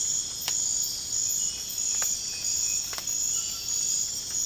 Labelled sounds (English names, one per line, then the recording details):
none
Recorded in pastures near Puerto Asís, Putumayo, Colombia, on 12 March 2025 at 03:30
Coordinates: 0.502, -76.324
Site GP07